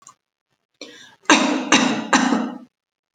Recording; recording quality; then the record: shallow voluntary cough; excellent, no background noise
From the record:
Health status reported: COVID-19 positive, no symptoms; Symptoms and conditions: loss of smell and taste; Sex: female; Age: 33 years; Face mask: not worn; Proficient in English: yes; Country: India